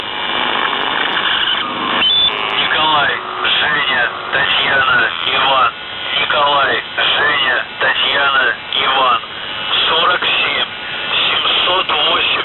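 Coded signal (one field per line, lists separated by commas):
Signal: numbers station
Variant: UVB-76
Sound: a voice speaking steadily over a noisy radio channel, with no buzzer tones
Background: radio static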